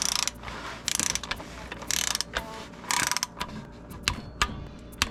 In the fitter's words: we hear the clicks that means we should be at about 18 foot pounds we should be set to go